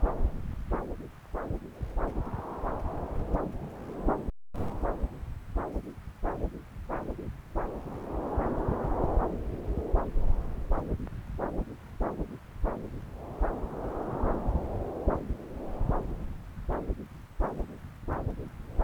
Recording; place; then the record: Doppler ultrasound of blood flow; left subclavian vein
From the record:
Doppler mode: continuous wave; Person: adult scuba diver, at rest before a dive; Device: O'Dive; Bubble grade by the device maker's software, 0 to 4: 0